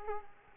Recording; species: mosquito wingbeat signal from an infrared sensor; Culex quinquefasciatus